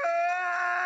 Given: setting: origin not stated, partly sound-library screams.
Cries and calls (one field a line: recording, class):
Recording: one-second piece from a danger detection set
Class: woman in danger